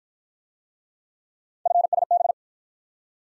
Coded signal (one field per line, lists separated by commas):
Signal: Morse code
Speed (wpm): 53 wpm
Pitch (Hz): 700 Hz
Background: none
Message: FSB